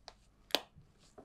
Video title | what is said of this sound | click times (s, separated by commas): Hövding 3 Airbag cykelhjelm - Introduktionsfilm | and to go back to a bigger size the bow is lifted until it clicks | 0.6 s